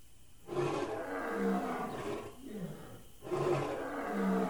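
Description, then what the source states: Big cat giving two long, rough, throaty roars. Big cat house.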